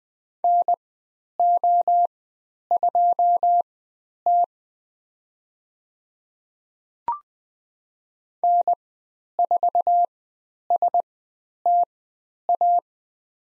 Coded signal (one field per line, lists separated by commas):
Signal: Morse code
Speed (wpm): 20 wpm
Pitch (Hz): 700 Hz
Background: none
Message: NO2T N4STA